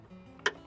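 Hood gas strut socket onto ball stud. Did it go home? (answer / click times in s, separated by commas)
yes / 0.5 s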